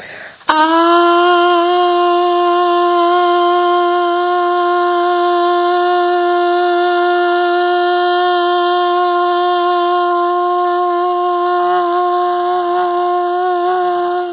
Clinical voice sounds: sustained vowel /a/; female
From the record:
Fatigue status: no fatigue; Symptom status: symptomatic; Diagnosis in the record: COVID-19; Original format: 3gp

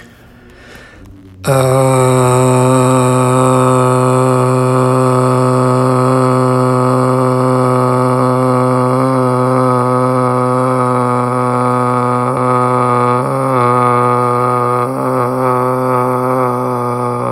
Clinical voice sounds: sustained vowel /a/; male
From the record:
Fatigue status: no fatigue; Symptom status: symptomatic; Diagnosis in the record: COVID-19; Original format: m4a

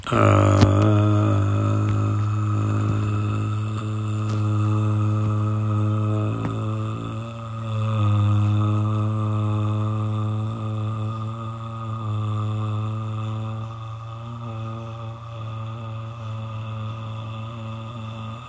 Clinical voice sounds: sustained vowel /a/; male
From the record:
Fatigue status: fatigue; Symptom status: symptomatic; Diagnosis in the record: COVID-19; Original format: m4a

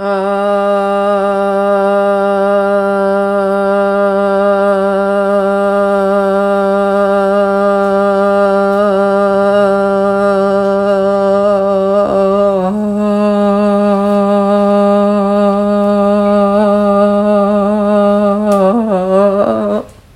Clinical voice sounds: sustained vowel /a/; female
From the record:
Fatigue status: fatigue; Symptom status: symptomatic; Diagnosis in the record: COVID-19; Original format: m4a

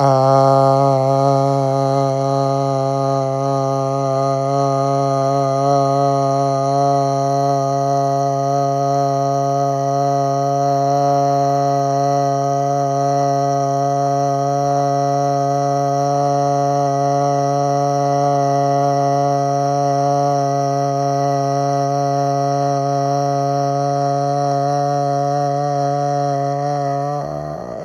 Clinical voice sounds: sustained vowel /a/; male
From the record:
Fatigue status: no fatigue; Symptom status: asymptomatic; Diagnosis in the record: COVID-19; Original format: m4a

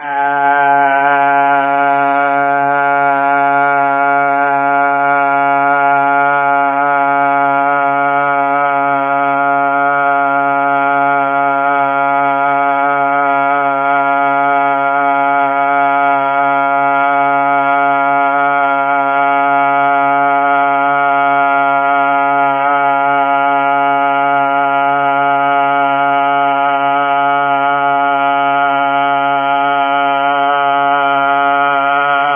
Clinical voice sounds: sustained vowel /a/; male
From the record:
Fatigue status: no fatigue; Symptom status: symptomatic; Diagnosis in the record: COVID-19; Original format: 3gp

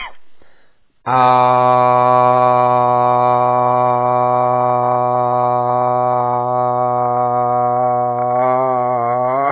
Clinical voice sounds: sustained vowel /a/; male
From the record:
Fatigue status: fatigue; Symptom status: symptomatic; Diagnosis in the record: COVID-19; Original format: 3gp

